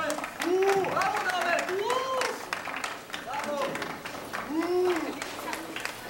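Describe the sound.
A crowd applauds steadily with dense, continuous clapping for several seconds, mixed with rising and falling whoops and cheering voices over the top.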